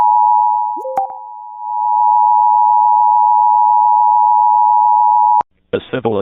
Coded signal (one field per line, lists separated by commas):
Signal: Emergency Alert System (SAME) tones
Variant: 853 and 960 Hz attention tone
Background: speech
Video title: Oklahoma amber alert for a endangered 15 year old EAS #54